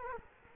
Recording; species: mosquito wingbeat signal from an infrared sensor; Culex quinquefasciatus